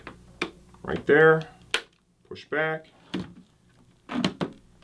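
A plastic face shield on a Shoei Neotec II modular helmet is fitted on its second side: the locator tab notch is set into the side base plate, then the shield is pushed back and in. Someone talks, and sharp clicks at 4.2 s and 4.4 s mark the shield seating onto the base plate. It is then to be tested up and down to make sure it is fully engaged.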